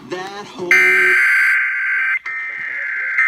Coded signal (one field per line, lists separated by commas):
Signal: Emergency Alert System (SAME) tones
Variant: header bursts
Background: speech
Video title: Fredericksburg RMT June 2021(EAS 1,138-1,149)